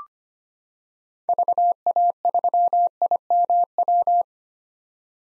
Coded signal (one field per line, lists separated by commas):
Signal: Morse code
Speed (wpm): 25 wpm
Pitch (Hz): 700 Hz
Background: none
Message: VA3IMW